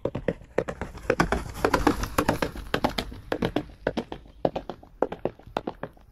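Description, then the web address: Horse hoofbeats at a running pace, heavy uneven thumps in rolling clusters, briefly denser and louder in the middle before settling back. "animals horse horse running"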